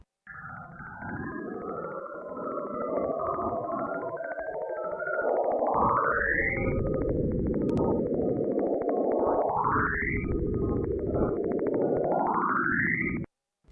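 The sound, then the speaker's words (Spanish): Saturn radio emissions, closely tied to the auroras near the planet's poles, turned into sound: a dense, steady hiss and crackle, broken by three rising, whooping sweeps every few seconds. No voices. “Este es un archivo de audio de emisiones de radio de Saturno.”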